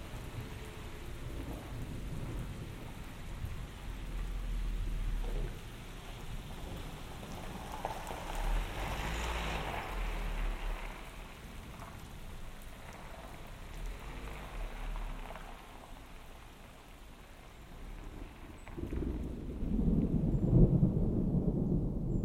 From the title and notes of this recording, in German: Ein Portrait von Lunz und dem gleichnamigen See bei Gewitter. Mittels Kunstkopf-Stereophonie hat der Komponist Karlheinz Essl Soundscapes aufgenommen, die sich auf einen konkreten Ort oder eine besondere Situation beziehen.